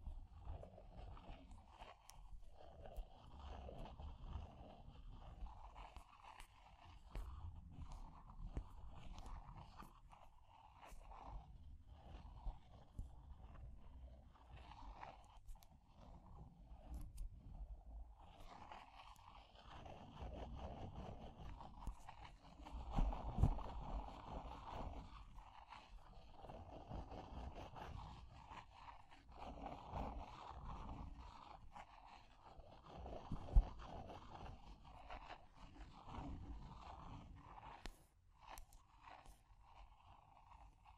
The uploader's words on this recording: ASMR for PURE Relaxation and Sleep Fire Crackling, Tapping, Scratching(No Talking).